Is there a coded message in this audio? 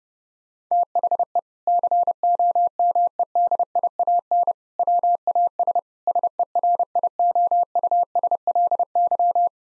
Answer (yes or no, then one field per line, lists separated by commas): yes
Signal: Morse code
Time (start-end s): 0.7-9.5 s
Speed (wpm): 32 wpm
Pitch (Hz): 700 Hz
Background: none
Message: THE COMEDIAN WAS SERIOUSLY